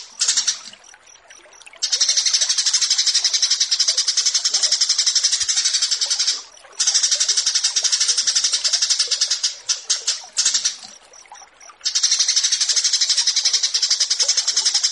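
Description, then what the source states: Horsfield's bush lark singing a long, high, buzzy run of rapidly pulsed notes, with brief gaps of quieter twittering between the loud stretches. Bird-keeping song tutoring recording (masteran) of a Javan bush lark, presented alongside another bird in a versus format.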